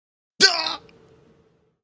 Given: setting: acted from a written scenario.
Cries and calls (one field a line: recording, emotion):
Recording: vocal sound without words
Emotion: pain